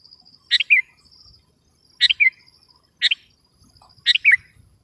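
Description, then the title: Sooty-headed bulbul repeating a brief, bubbly phrase of a few quick notes roughly once a second, with a faint high insect trill behind. "kutilang"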